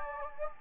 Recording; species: mosquito wingbeat signal from an infrared sensor; Anopheles gambiae